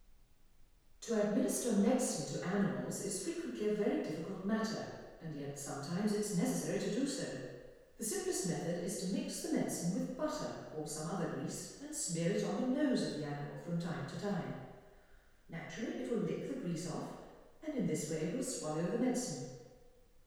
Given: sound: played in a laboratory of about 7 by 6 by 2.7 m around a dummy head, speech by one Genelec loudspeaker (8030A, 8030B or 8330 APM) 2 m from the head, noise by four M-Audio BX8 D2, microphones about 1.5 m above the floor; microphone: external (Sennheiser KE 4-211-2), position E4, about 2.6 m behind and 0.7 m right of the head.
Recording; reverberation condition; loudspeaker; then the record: female speech in English; high; 30 degrees to the right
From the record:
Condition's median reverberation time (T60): about 1300 ms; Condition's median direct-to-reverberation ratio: about -4.0 dB